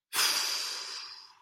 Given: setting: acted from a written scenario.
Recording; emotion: vocal sound without words; shame